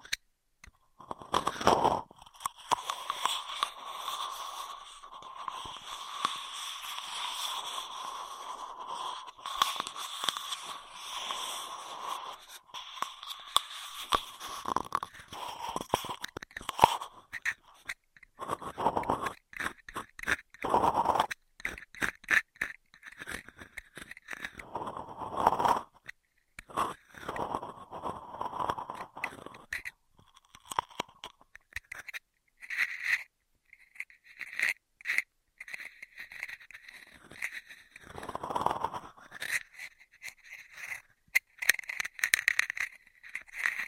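Straw triggers: dense crackling scrapes and crinkles with bursts of louder crunching every few seconds, shifting to brighter, more clipped sounds after thirty seconds.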